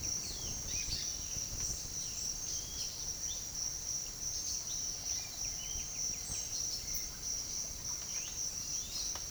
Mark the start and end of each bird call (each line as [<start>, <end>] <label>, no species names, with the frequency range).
[0.00, 3.01] bird call (1.6-6.9 kHz)
[4.57, 7.29] bird call (0.9-5.7 kHz)
[7.97, 9.17] bird call (1.6-4.6 kHz)